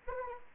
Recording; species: mosquito wingbeat signal from an infrared sensor; Anopheles arabiensis